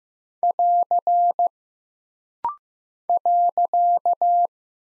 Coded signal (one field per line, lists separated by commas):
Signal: Morse code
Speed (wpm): 15 wpm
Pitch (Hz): 700 Hz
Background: none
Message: <AR> .